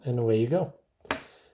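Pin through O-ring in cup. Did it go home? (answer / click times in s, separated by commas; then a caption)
yes / 1.1 s. Someone talks, then a pin pushed straight down the center of the O-ring in an Electro-Cup snaps on with a single sharp click at 1.1 s, preceded by a faint tick. The pin is seated on the O-ring and replaced.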